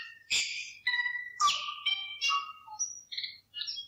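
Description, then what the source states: New Zealand bellbird giving a varied phrase of clear ringing notes and harsh clicks, with pure whistled tones at shifting pitches and short pauses between. Bellbird imitating a tui, recorded in New Zealand.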